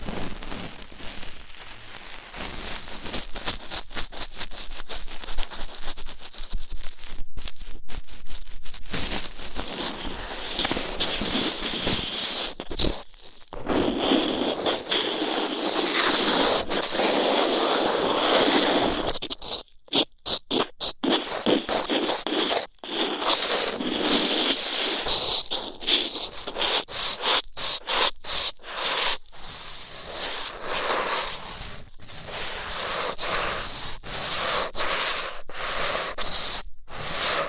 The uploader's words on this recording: ASMR Rough Ear Cleaning (No Talking).